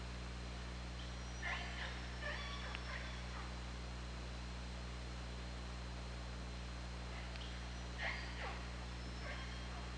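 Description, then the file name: Killer whale pulsed calls, a burst of harmonic, squeaky calls early on and another short group near the end, over a steady low electrical hum. Recorded on the OrcaLab hydrophone, 24 August 2017, 21:36:46. "Orca Lab UTLN JASON 20170824 213646"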